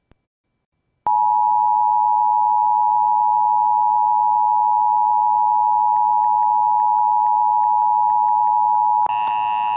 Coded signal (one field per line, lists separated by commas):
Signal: Emergency Alert System (SAME) tones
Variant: 853 and 960 Hz attention tone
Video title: HERE YOU GO WAKEFIELD EAS Alerts From 3/19/21 (EAS #376-380)